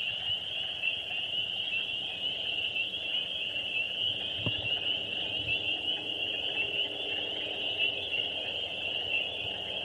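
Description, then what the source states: Spring peepers in full chorus, a continuous dense ringing of high peeping notes that never pauses, with a faint thud partway through. Several spring peepers.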